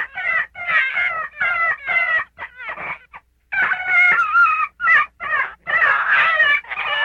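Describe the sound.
Gray fox uttering rapid, harsh, quavering yelps in uneven clusters, with a brief pause near the middle before another run of wavering cries.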